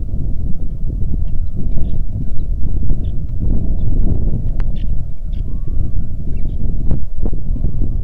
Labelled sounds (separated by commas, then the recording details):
songbird, wind
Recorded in the Arctic National Wildlife Refuge, Alaska, on 3 August 2019 at 09:08
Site 46